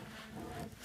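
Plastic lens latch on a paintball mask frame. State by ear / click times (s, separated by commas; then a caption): not seated / none. The plastic lens retention latch gate on a Dye i4 paintball mask frame is handled as it is pushed down and in, giving only a steady, broadband rustling noise with no sharp transients. Nothing has seated or clicked yet; the clip ends before the latch goes home.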